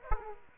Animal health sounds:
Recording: mosquito wingbeat signal from an infrared sensor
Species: Aedes aegypti

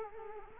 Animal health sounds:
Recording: mosquito wingbeat signal from an infrared sensor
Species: Culex quinquefasciatus

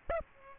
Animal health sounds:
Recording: mosquito wingbeat signal from an infrared sensor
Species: Aedes aegypti

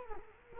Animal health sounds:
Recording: mosquito wingbeat signal from an infrared sensor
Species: Culex quinquefasciatus

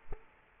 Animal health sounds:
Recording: mosquito wingbeat signal from an infrared sensor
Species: Culex quinquefasciatus

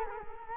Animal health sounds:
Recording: mosquito wingbeat signal from an infrared sensor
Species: Culex quinquefasciatus

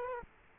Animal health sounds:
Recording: mosquito wingbeat signal from an infrared sensor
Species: Culex quinquefasciatus

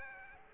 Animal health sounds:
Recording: mosquito wingbeat signal from an infrared sensor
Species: Aedes aegypti

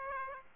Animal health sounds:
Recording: mosquito wingbeat signal from an infrared sensor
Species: Aedes aegypti

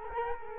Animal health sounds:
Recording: mosquito wingbeat signal from an infrared sensor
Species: Culex quinquefasciatus

